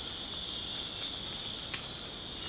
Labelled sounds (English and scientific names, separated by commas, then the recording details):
none
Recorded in secondary vegetation near Puerto Asís, Putumayo, Colombia, on 27 June 2025 at 20:30
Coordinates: 0.484, -76.319
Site G074